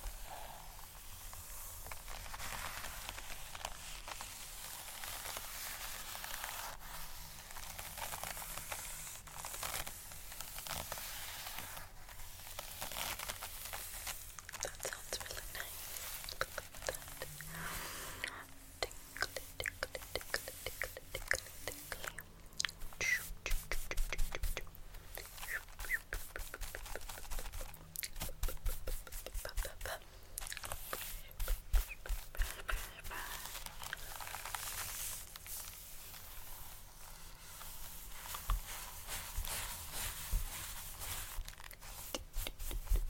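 Very close brushing fills the whole recording with a dense, crisp, scratchy hiss, bright and steady. Quick strokes come in rapid bursts, growing busier and sharper from about twenty to thirty-five seconds, over a faint low hum.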